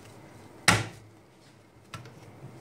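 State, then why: Seated. A temperature sensor is pushed home into a sensor head housing during assembly, with its pin lined up through the hole. A sharp, loud click at 0.7 s stands out against a low background hum, followed by a fainter knock near 1.9 s. The sensor is seated in place.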